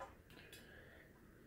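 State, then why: Not seated. A metal trumpet piston valve, its number facing the player, is handled at the valve casing, with faint metallic taps at about 0.3 and 0.5 s over a low background hum. Nothing has seated or clicked into place yet.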